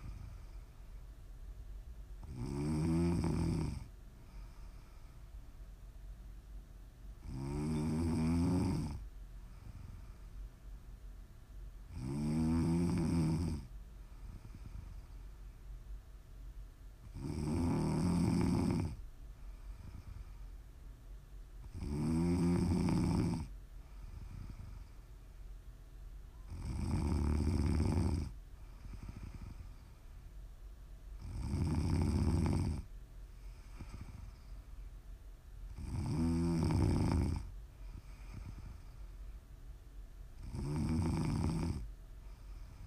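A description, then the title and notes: Heavy snoring repeats steadily about every four to five seconds, each snore a rough, rattling low rumble lasting around a second or two. Between snores there are quieter breaths over a faint, constant background hum. ASMR snoring.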